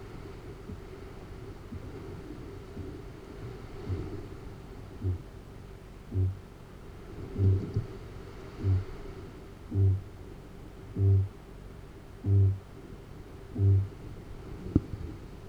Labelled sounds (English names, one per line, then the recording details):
Kākāpō boom
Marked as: faintness 2/5
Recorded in New Zealand
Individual Arab